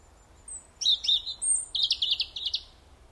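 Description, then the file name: European robin song: a high piping whistle and a few warbled notes, then a crisp run of rapidly repeated high chips ending the phrase. "Erithacus rubecula"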